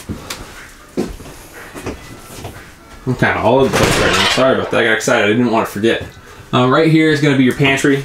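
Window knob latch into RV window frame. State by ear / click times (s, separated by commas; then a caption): seated / 0.3 s. The knob latch on a window of a 2018 Keystone Cougar 24SAB travel trailer is turned, and it locks the closed window into the RV window frame with a single sharp click at 0.3 s. After a few softer knocks, someone talks for the rest of the clip.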